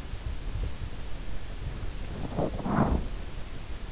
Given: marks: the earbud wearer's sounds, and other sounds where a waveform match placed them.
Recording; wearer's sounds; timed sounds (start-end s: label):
sounds in sleep by an in-ear microphone; teeth grinding
2.08-3.41 s: teeth grinding